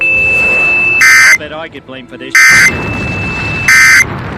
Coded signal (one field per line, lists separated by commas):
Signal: Emergency Alert System (SAME) tones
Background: speech